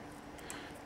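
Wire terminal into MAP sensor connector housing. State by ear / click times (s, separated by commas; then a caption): seated / 0.5 s. A wire terminal, its locking tab bent up, is pushed back into the plastic housing of a Delphi MAP sensor connector for an LS1, LS2 or Vortec engine. A faint, short click at 0.5 s rises over a low steady background. The terminal is seated.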